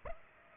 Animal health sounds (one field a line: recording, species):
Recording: mosquito wingbeat signal from an infrared sensor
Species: Aedes aegypti